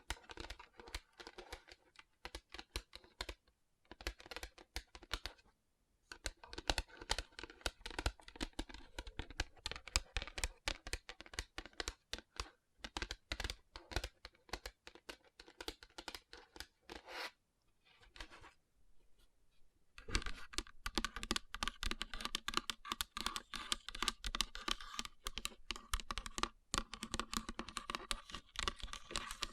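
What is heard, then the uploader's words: Fingers tap and rub across rhinestone-covered palms in quick, dense clicking bursts, a crisp patter much like typing on a keyboard. The tapping runs in stretches broken by brief pauses near 4, 6 and 18–20 seconds, growing busier and brighter after 20 seconds. Tapping & Rubbing Rhinestone Covered Palms.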